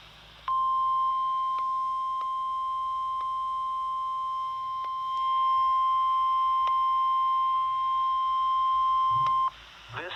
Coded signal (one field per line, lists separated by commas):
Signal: Emergency Alert System (SAME) tones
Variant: 1050 Hz attention tone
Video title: EAS Capture #117 - NWR Required Weekly Test